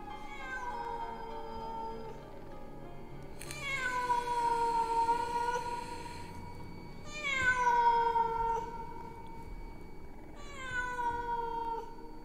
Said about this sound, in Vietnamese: Lâu lâu, cảm giác như có tiếng con mèo hoang, nó cứ kêu gào ở bên tai. Thế nhưng, tiếng mèo hoang kêu lên lại làm cho những tiếng hát kia dường như không có xâm nhập vào tâm thần của mọi người được nữa.